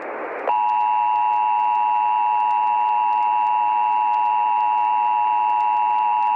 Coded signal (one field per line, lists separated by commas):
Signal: Emergency Alert System (SAME) tones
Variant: 853 and 960 Hz attention tone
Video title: (ACTUAL EAS SCENARIO) Severe Thunderstorm Watch on TV (read description)